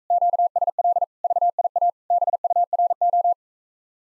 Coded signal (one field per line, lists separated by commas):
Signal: Morse code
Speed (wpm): 46 wpm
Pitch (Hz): 700 Hz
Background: none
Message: QSL VIA BURO